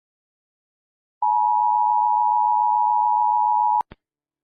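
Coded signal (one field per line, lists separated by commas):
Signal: Emergency Alert System (SAME) tones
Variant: 853 and 960 Hz attention tone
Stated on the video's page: Homemade simulated EAS alert whose sound was not made by the creator.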